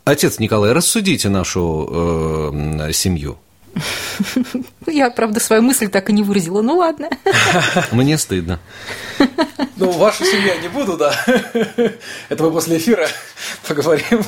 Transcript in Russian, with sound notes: Отец Николай, рассудите нашу семью.
Правда, я свою мысль так и не выразила, ну ладно. (Смеются.)
Мне стыдно.
Про вашу семью не буду, это мы после эфира поговорим,